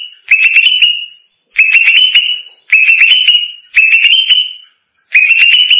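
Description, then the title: Greater green leafbird song: a bright whistled phrase, rising slightly and ending in a steady note, laced with sharp clicks, repeated about every second. "Cucak ijo"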